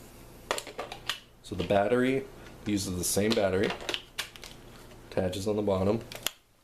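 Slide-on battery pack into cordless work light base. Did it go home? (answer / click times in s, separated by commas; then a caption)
no / none. Someone talks while handling a RIDGID 18-volt slide-on battery pack at the bottom of the cordless work light from the X4 Hyper 5 kit, a pack that is hard to attach. Short handling knocks come around 0.5 to 1.1 seconds and again around 4.2 to 4.4 seconds. The battery has not seated or clicked in yet.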